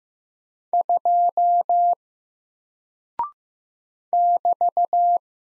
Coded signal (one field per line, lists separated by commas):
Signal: Morse code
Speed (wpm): 15 wpm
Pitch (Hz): 700 Hz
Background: none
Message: 2 <BT>